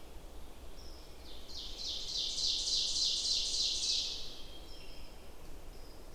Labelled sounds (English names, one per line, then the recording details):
Ovenbird song
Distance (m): 50 m
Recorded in boreal forest in Alberta, Canada, on 27 June 2016 at 05:46
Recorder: SongMeter 3, array SBT-6-79
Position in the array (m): 283 m, 40 m
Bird 39